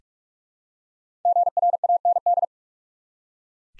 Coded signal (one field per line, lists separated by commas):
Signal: Morse code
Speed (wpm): 44 wpm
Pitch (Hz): 700 Hz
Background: none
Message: GRAND